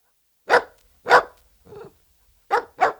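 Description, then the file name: Dachshund barking: four loud sharp barks with a softer, lower sound in the middle. "Het blaffen van een teckel - Sound Cloud - Beeld en Geluid"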